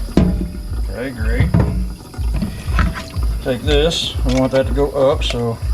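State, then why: Not seated. While reassembling an aquarium pump, someone talks and orients a plastic pump part to face up before pressing it into the pump body, with a couple of brief sharp handling sounds along the way. The clip ends before the part goes home, and nothing has seated or clicked yet.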